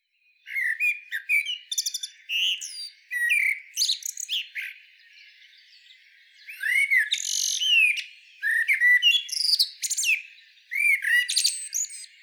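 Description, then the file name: Common blackbird giving repeated song phrases of rich, slurred whistles mixed with high, scratchy twittered endings, with brief gaps between bursts. "Turdus merula"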